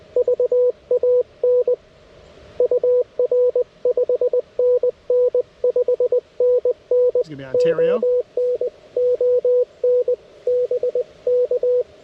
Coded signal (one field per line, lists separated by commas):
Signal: Morse code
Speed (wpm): 20 wpm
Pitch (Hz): 500 Hz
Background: speech, radio noise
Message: VAN UR 5NN 5NN ON ON BK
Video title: KX1 Redux: CW POTA at K-5221